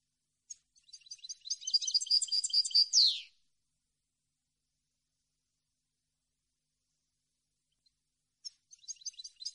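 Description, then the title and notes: European goldfinch song: a twittering phrase with trills ending in a descending buzz, long silence, then another phrase beginning. Clean goldfinch song for song copying (training). "canto de jilguero limpio para copia"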